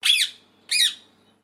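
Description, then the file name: Rose-ringed parakeet uttering two harsh, squeaky chirps about two-thirds of a second apart, each short and falling slightly. A sequence of chirps. "BIRD PARROT INDIAN RINGNECK CHIRP SEQUENCE"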